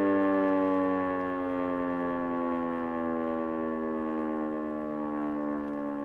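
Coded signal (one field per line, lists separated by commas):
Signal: siren signal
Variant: E57 electromechanical siren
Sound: a loud, steady, wailing siren tone at full pitch, held for six seconds, sagging slightly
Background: outdoor ambience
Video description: Die Aufnahme entstand beim monatlichen Probealarm der Feuerwehrsirenen in Rheinbach am 13. Februar 2021 um 11.30 Uhr mit dem Signal "Feueralarm".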